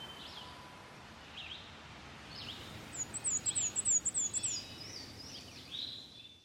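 Bird call: a very high, thin series of about nine rapid, evenly spaced notes lasting under two seconds, over faint softer calls and steady background hiss.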